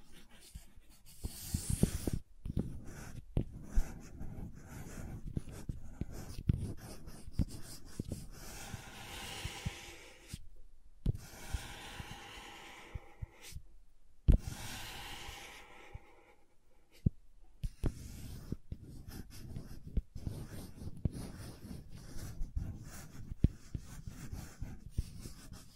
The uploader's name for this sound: Crayons Tapping, Carving, Cutting, Drawing Sounds